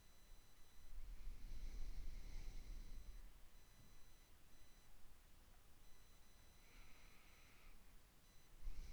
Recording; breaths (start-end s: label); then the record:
nose breathing near a microphone
0.00-0.92 s: inhalation
0.92-3.92 s: exhalation
6.42-8.58 s: inhalation
8.58-8.93 s: exhalation
From the record:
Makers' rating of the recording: medium